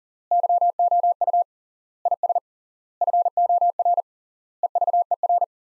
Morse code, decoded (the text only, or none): YOU IS FOR EVER